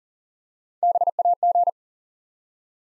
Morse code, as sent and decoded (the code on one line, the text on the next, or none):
-... .- --.
BAG